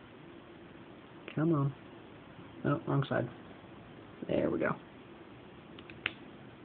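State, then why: Seated. Someone talks while lining up a Photon Freedom Micro keychain flashlight with a plastic clip attachment and pushing it on. A couple of faint clicks at 5.8 s and 5.9 s lead into a sharp snap at 6.1 s as the light seats securely in the clip mount.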